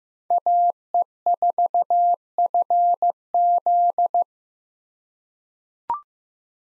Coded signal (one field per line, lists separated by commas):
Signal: Morse code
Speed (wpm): 15 wpm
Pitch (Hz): 700 Hz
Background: none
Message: AE4FZ